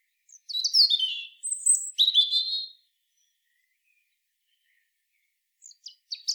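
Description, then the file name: European robin singing one sweet, high, jumbled phrase of trills and thin whistles, then a silent gap before a few high notes at the end. "Erithacus rubecula"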